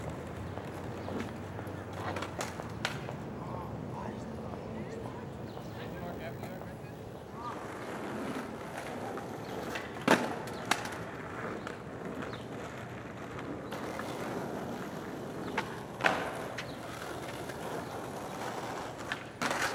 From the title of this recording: Skateboarding in the City Park